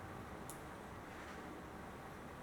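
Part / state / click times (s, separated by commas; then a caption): metal retainer clip into a groove in a fishing reel / seated / 0.5 s. A small metal retainer clip is inserted one side first into its groove in a Shimano Curado CU-200 fishing reel, and then the other side is pushed in. Over a steady broadband hiss, a quiet, sharp high-pitched click sounds at 0.5 s as the clip seats, and it is checked all the way around and confirmed in.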